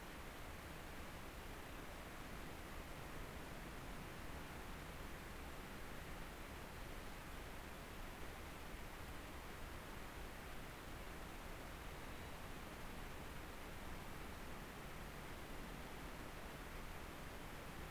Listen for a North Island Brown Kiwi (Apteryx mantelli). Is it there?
no